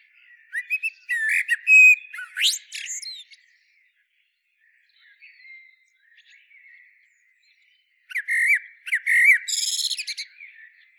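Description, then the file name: Eurasian blackbird phrases at the start and near the end, melodious low whistling notes topped with shrill scratchy twitters, with faint birdsong in the gap. "Turdus merula"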